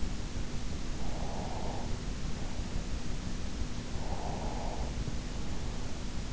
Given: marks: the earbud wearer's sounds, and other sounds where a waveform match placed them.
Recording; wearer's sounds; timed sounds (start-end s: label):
sounds in sleep by an in-ear microphone; breath
0.86-2.76 s: breath
3.97-6.08 s: breath